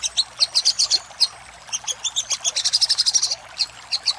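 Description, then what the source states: Little spiderhunter song: bursts of high, rapid chipping notes, some runs fast and stuttered, broken by short pauses. Master recording used for training cage birds.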